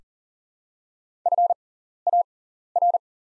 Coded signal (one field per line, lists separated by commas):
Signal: Morse code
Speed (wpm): 38 wpm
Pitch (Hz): 700 Hz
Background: none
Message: FAR